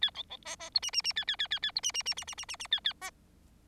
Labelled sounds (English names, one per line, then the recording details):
Bengalese Finch song
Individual Bird4